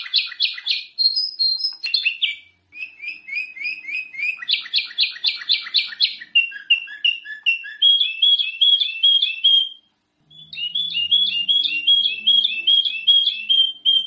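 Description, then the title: Sooty-headed bulbul song of varied chattering phrases and rapid repeated high notes, a brief pause, then more quick notes over a faint low hum. "Suara Burung Kutilang"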